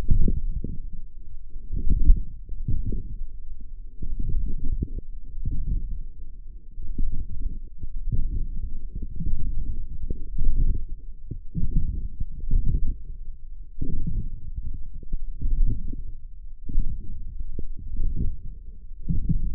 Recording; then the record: forearm muscle sounds (acoustic myography)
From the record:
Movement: forearm pronation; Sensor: system 1, eight BSWA MPA416 microphones around the upper forearm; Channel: 8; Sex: male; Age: 42 years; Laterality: right